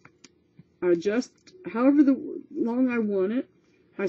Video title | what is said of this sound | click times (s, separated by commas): Dare Demo Getting Organinzed and Getting It in the Ablum part 3 | And then all I have to do is snap it. | 0.1 s, 0.2 s